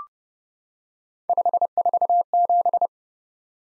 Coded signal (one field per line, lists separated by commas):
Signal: Morse code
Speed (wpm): 28 wpm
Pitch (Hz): 700 Hz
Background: none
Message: 547